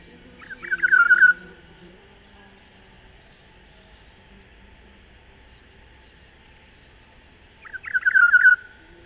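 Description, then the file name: Olive-backed oriole repeating a rolling, mellow warbled phrase twice, about seven seconds apart, with quiet pauses between. "Oriolus Sagittatus"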